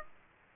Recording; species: mosquito wingbeat signal from an infrared sensor; Aedes aegypti